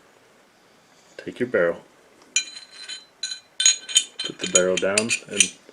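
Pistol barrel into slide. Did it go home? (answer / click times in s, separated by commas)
no / none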